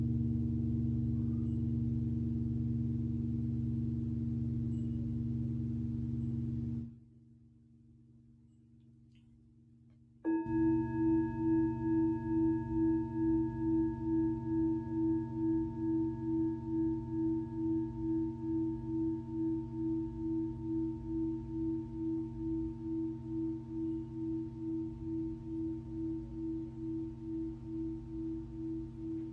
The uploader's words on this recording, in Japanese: メキシコから シンギングボウルのサウンドヒーリング ライブ。